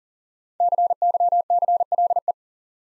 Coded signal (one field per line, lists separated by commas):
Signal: Morse code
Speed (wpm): 40 wpm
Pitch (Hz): 700 Hz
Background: none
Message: CYCLE